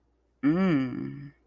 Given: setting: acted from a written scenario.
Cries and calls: vocal sound without words; desire

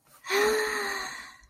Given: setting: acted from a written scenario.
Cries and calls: vocal sound without words; ecstasy

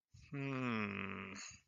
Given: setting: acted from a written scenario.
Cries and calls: vocal sound without words; confusion

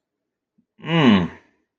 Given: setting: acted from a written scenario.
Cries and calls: vocal sound without words; embarrassment

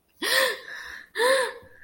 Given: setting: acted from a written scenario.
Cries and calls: vocal sound without words; distress

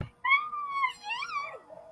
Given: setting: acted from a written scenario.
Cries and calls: vocal sound without words; elation

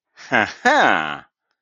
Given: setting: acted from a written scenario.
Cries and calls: vocal sound without words; pride

